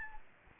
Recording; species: mosquito wingbeat signal from an infrared sensor; Aedes albopictus